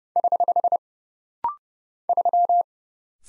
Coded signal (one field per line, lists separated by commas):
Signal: Morse code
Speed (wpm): 30 wpm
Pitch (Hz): 700 Hz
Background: none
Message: <HH> 3